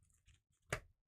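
The lid of a small storage box compartment is clicked closed again, with a sharp, bright click at 0.7 s that rises well above the quiet handling noise around it. The lid snaps shut.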